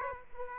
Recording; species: mosquito wingbeat signal from an infrared sensor; Aedes aegypti